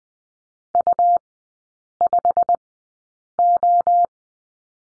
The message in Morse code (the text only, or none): U5O